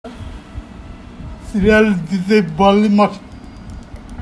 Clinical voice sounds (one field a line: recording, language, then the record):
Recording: elicited speech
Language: Bengali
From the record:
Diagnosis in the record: Broca's or global aphasia after a stroke